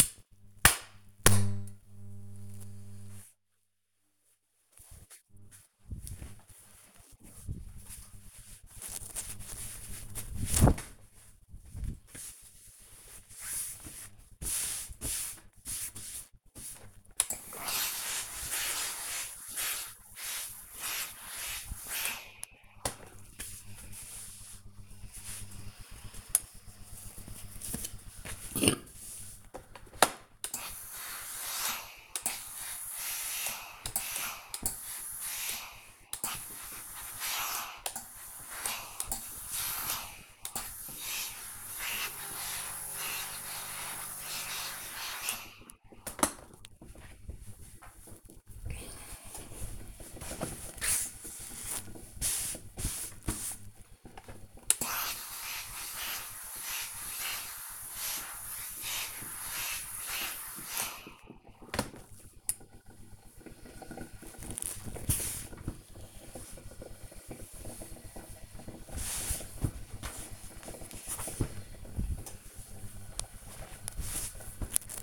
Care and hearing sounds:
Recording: household activities, microphone on the right wrist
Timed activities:
15.99 s: note: first clap rly soft
30.04-75.03 s: ironing laundry

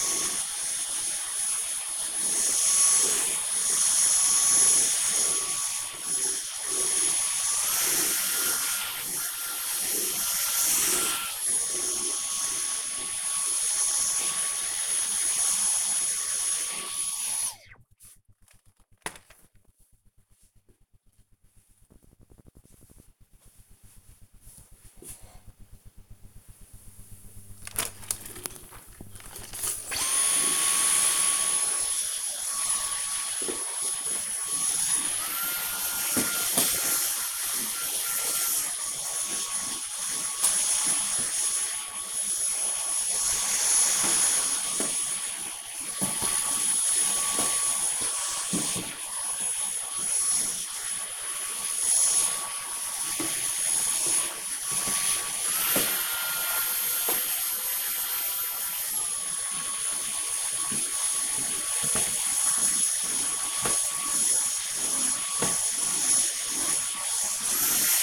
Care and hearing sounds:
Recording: household activities, microphone on the right wrist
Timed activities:
0.00-17.14 s: vacuum cleaning
26.22-68.02 s: vacuum cleaning

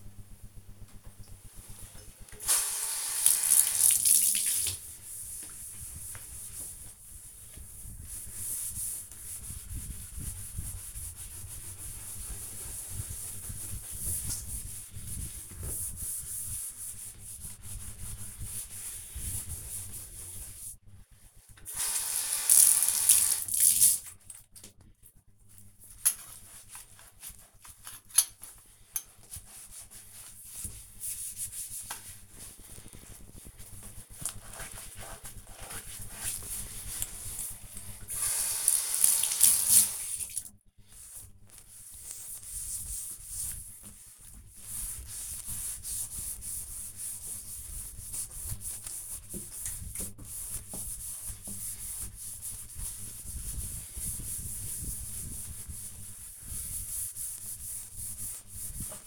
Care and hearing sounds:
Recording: household activities, microphone on the right wrist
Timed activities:
0.05-59.07 s: bathroom cleaning (bathtub)

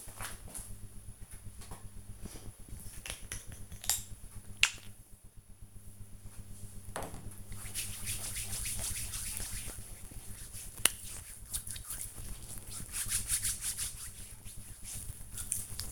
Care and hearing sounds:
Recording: household activities, microphone on the right wrist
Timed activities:
1.62-15.92 s: cream hands

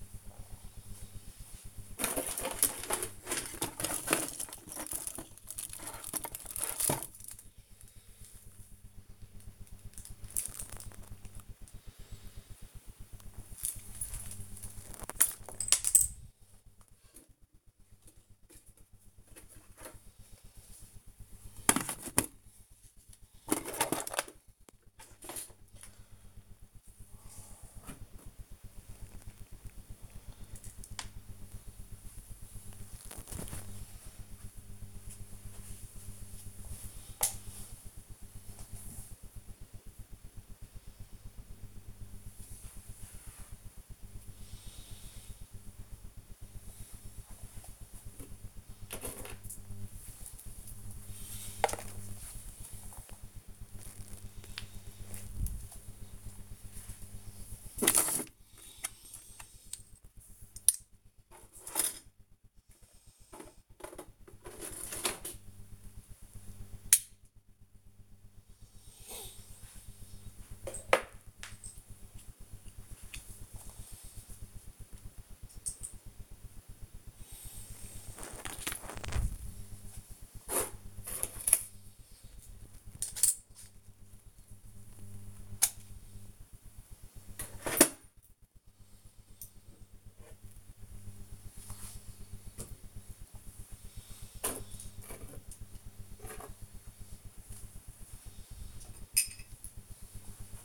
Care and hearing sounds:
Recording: household activities, microphone on the right wrist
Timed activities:
0.00-100.65 s: tidy up the cupboard

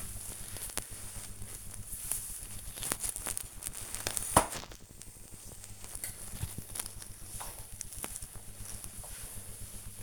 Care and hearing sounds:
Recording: household activities, microphone on the right wrist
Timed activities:
0.00-10.03 s: floor cleaning

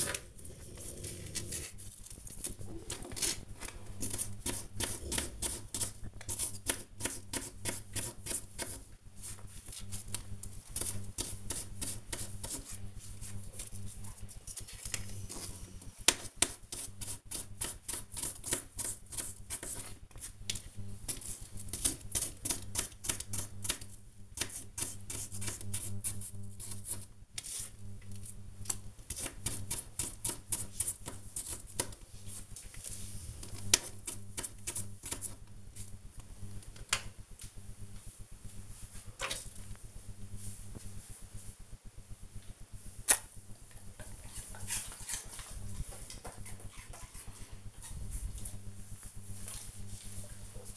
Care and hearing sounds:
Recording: household activities, microphone on the right wrist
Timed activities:
0.00-36.16 s: cutting vegetables

